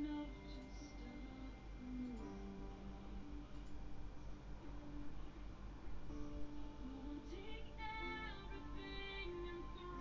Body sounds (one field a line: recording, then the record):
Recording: background sound without coughing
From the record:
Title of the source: BackgroundMusic4